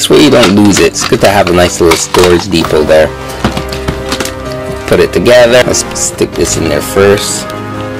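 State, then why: Not seated. Someone talks over background music while fitting a plastic stand peg into the display stand of a DC Multiverse Mattel Signature Collection Batman (Val Kilmer, 90s movie) action figure. A short cluster of sharp handling knocks comes around 3.5–4.2 seconds. The peg is only being handled and nothing has seated or clicked yet.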